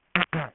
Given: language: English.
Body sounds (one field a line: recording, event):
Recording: throat vibration sensor signal played as sound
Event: throat clearing